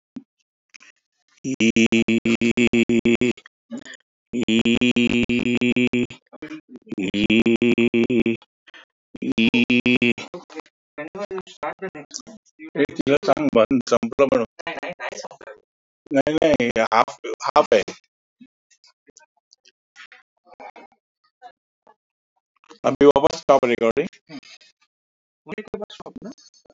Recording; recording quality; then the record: sustained vowel as in beet; moderate, slight background noise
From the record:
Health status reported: respiratory illness, not identified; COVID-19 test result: negative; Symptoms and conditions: cough, chronic lung disease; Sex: male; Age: 68 years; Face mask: not worn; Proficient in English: yes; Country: India